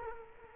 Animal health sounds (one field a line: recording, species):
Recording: mosquito wingbeat signal from an infrared sensor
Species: Culex quinquefasciatus